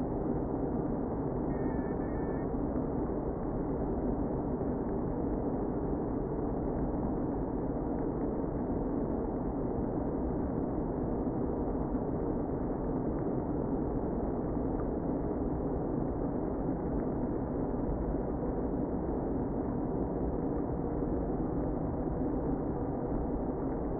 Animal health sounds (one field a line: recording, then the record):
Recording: honeybee colony, microphone inside the hive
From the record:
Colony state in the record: queen present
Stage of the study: before two queens were removed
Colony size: about 60,000 bees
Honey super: yes